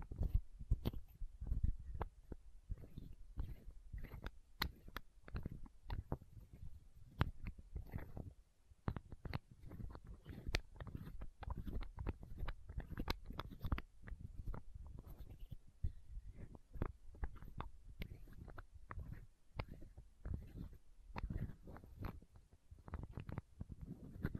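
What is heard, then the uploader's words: Lid sounds and bottle tapping: dense, irregular knocks and scratches fire rapidly throughout, low and thuddy with sharper clicks on top. Lid Sounds & Bottle Tapping, Scratching.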